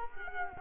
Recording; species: mosquito wingbeat signal from an infrared sensor; Culex quinquefasciatus